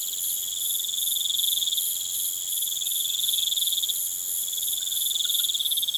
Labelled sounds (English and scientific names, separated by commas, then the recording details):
none
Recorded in pastures near Puerto Asís, Putumayo, Colombia, on 23 June 2025 at 20:30
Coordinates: 0.486, -76.323
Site H29